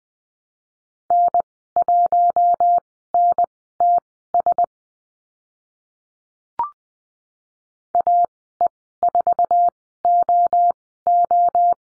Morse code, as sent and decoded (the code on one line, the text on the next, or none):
-. .---- -. - ... / .- . ....- --- ---
N1NTS AE4OO